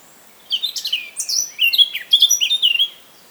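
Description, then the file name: Eurasian blackcap song: a rapid, varied warbled phrase of chattering and fluty notes lasting about two and a half seconds after a brief silence. "Sylvia atricapilla"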